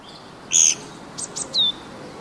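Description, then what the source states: Japanese pygmy woodpecker giving one short squeaky buzz, followed by a few thin, high chirps and a brief descending whistle. Recorded in Yotsuya, Tokyo, Japan.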